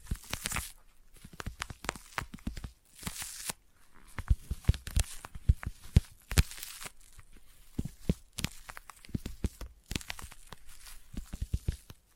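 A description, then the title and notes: Sticky tapping in quick, irregular bursts, each tap a sharp click with a tacky peel as the fingertip pulls away. Denser rustling, tearing-like swipes break in around the half-second, three-second and six-second marks. ASMR Intense Sticky Tapping and Sticky Triggers (No Talking).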